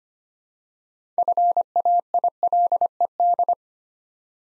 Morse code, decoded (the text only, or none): FAILED